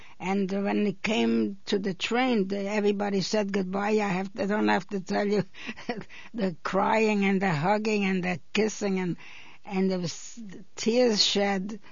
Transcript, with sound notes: And when it came to the train, everybody said good-bye, I have, I don't have to tell you. (she chuckles) The crying and the hugging and the kissing and, and there was tears shed.